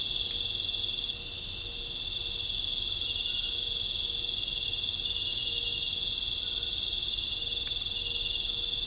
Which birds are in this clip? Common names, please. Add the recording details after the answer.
none. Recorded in pastures near Puerto Asís, Putumayo, Colombia, on 21 December 2024 at 18:30. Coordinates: 0.496, -76.326. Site G004